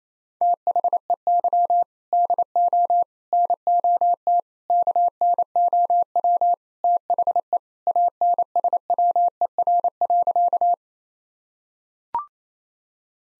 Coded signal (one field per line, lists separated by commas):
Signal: Morse code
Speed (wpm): 28 wpm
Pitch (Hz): 700 Hz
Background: none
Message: THEY DO NOT KNOW THE ANSWER.